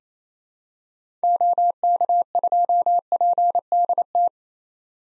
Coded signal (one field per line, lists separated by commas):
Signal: Morse code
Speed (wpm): 28 wpm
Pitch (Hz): 700 Hz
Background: none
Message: OK2PDT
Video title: 2023 SOTA Activator Call Signs - 28wpm